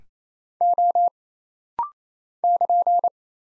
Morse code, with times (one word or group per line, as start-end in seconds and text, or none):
0.6-1.1 O
2.4-3.1 <KN>